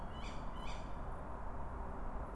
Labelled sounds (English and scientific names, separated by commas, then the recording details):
Tawny Owl (Strix aluco)
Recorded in Germany
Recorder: ecoPi